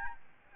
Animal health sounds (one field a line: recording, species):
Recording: mosquito wingbeat signal from an infrared sensor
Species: Aedes albopictus